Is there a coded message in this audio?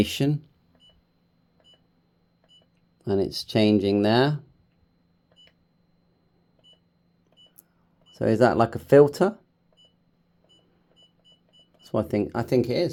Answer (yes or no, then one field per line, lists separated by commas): no